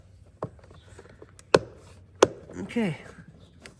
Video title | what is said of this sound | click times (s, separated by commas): CHAMPION 4500 GENERATOR MAINTENANCE. #champion #generatorepairing #rvliving | Okay, that snapped into place. | 2.2 s